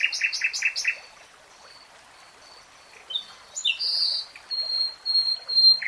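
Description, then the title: Nightingale song: a quick series of repeated throaty notes, a pause, then varied whistles and a clear high note repeated several times. Nightingale singing in real time. "[Tiếng chim hót] 3 Hours REALTIME Nightingale Singing"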